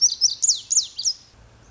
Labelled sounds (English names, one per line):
Lazuli Bunting